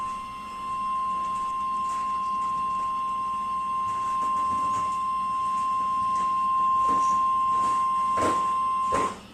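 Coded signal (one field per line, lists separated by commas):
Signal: Emergency Alert System (SAME) tones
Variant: 1050 Hz attention tone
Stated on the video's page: Tornado Warning issued by the Wichita, Kansas weather forecast office.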